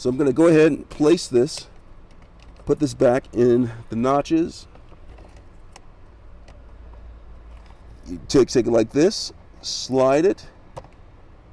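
Someone talks while setting the plastic cabin air filter cover of a Toyota Prius back into the notches of the filter housing behind the glove box and sliding it into position, with a few faint handling taps around 5.8 s and 10.8 s. The right side has not yet been pushed in and locked, so nothing has clicked or seated yet.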